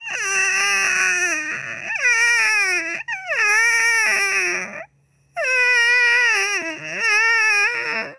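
Three long, loud wailing cries from a newborn baby, each lasting one to three seconds, with a high, strained pitch that rises and falls, separated by a brief gasp and a short pause. A typical vigorous newborn cry.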